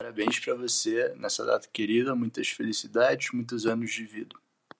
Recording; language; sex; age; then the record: short text; Brazilian Portuguese; male; 20 to 29 years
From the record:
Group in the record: control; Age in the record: 20 years